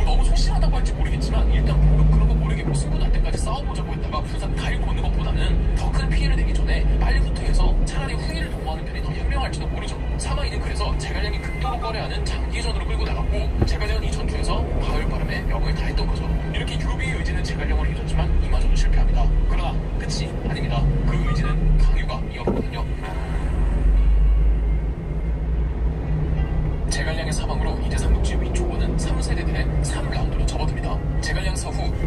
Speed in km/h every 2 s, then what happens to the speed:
19, 18, 20, 19, 14, 5, 2, 7, 12, 17, 15, 16, 19, 17, 14, 11.
0-6 steady at about 19. 6-11 slows to 2. 11-18 speeds up to 17. 18-24 steady at about 16. 24-32 slows to 11.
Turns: none.